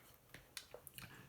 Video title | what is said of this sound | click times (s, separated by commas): Anatomy of a Mask Part 2 - Respirators | that until it seats firmly into place you heard the click | 0.6 s